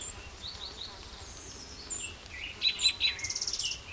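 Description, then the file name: Spotted towhee singing three crisp notes and a rapid buzzy trill near the end, after scattered thin high whistles. Recorded near Cicero on 12 June 2009; the same individual was recorded the day before and was later collected. "Cicero 12 Jun 2009 Pmaculatus"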